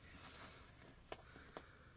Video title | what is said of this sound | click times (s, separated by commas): How to fit your Bebecar footmuff in your stroller! | go so that will click in there | 1.1 s, 1.6 s